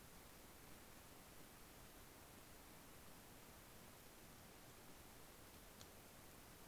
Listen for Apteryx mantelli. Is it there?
no